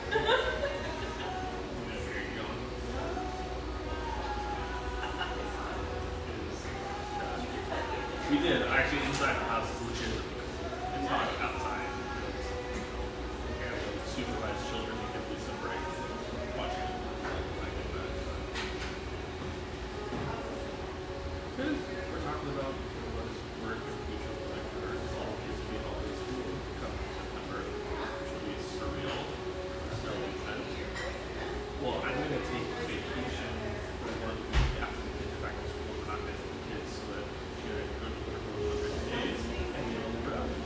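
Murmur of a bright, airy espresso joint: a steady bed of overlapping conversation with no single voice standing out. A low, constant hum runs underneath throughout. Occasional clinks and clatters cut through, with louder bursts near 9 and 35 seconds.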